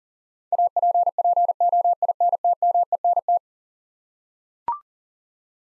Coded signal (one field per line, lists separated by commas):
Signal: Morse code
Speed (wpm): 37 wpm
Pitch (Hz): 700 Hz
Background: none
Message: APPOINTMENT